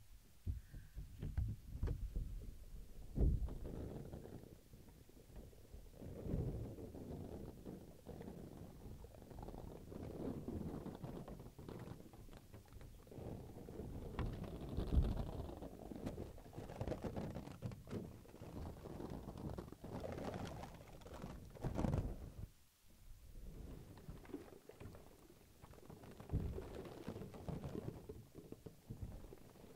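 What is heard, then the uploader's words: Plastic and paper crinkle and rustle almost without pause, mixed with the soft scrape of a brush. The handling is dense and irregular, heavy in the low end with a crisp hiss on top. Sharp taps land near 3 and 15 seconds, and there is a brief lull around 22 seconds. Crinkles, Plastic, Brush, Silicone, Glass, Paper.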